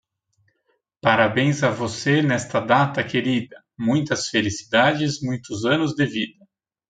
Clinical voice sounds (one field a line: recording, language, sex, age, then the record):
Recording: short text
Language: Brazilian Portuguese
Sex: male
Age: 30 to 39 years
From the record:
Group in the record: control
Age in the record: 36 years